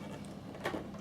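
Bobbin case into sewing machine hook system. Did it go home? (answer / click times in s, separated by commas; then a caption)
yes / 0.7 s. A metal sewing machine bobbin case is pushed back into the hook system after cleaning and oiling, reinserted because it was not clicked in hard enough the first time. Over a low steady background, a single sharp click is heard at 0.7 s as the bobbin case seats.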